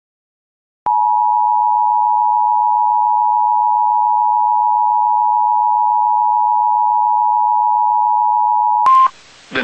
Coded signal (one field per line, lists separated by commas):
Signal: Emergency Alert System (SAME) tones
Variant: 853 and 960 Hz attention tone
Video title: TOR On WJON 2/28/24 (EAS #2260)